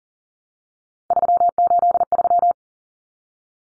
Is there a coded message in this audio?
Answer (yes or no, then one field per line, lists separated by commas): yes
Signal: Morse code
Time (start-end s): 1.1-2.5 s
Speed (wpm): 40 wpm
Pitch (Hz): 700 Hz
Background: none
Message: 383